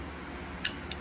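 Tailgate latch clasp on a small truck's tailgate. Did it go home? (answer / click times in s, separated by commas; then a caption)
yes / 0.7 s, 0.9 s. A hand pushes the tailgate latch clasp on a Daihatsu Midget II small truck's tailgate further closed, and two sharp clicks sound at 0.7 s and 0.9 s over a low steady hum. The clasp clicks into its second detent, the fully latched position.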